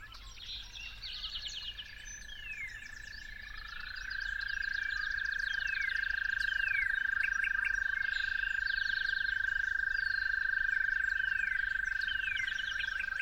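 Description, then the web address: Toad trill, a sustained even buzzy tone, fainter at first and then swelling strongly from about four seconds on, beneath many chattering, whistling songbirds. Toads recorded calling at dawn. "musicofnature Toads at Dawn"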